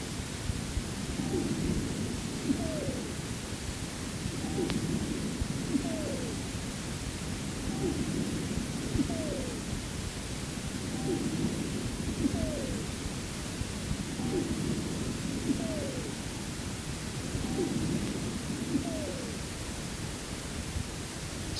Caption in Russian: Высокочастотные свистящие хрипы образуются при наличии вязкого секрета в мелких бронхах и бронхиолах. Свистящие хрипы у больной, страдающей хроническим обструктивным бронхитом. Основной дыхательный шум представлен жестким дыханием. Свистящие хрипы свидетельствуют о бронхообструктивном синдроме.